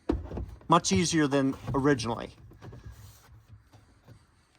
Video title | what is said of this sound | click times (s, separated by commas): Fisker Ocean One - Cargo Area Part 2 | just pull it like this and the whole thing pops out | 0.1 s